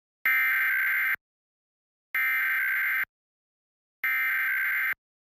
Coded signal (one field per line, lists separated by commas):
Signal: Emergency Alert System (SAME) tones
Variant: header bursts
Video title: WNDU Emergency Alert System (EAS) Test, 12/21/2023